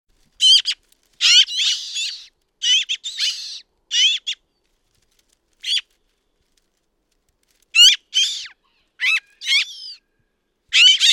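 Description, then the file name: Eurasian magpie chattering with harsh, rasping notes in irregular bursts, some closely grouped, with silent gaps of up to about two seconds between runs. "Pica pica"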